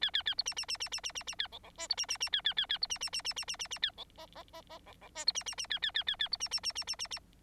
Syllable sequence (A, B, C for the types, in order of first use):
A A A B C C C C C C C C A D D E B C C C A A A A B C C C C C C C C A D F F F F D D E B C C C A A A A A B C C C C C C C